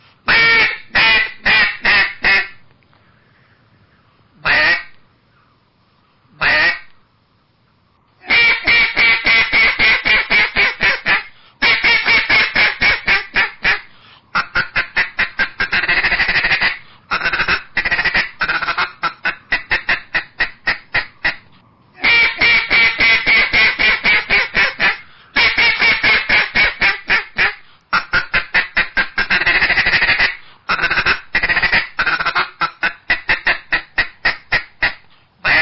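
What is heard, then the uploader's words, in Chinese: A spot-billed duck quacks in long, rapid runs of harsh, nasal calls, each burst made of closely repeated notes. The series pause briefly around 3–8 seconds and near 22 seconds, then resume steadily, with a faint low hum between calls. 家住白洋淀——我的观鸟笔记 功夫了得的“水上漂”斑嘴鸭。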